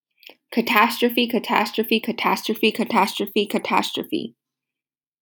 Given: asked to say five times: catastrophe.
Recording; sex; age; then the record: repeated word; male; 18 to 19 years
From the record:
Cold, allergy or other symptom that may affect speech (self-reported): no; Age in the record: 19 years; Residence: United States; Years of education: 13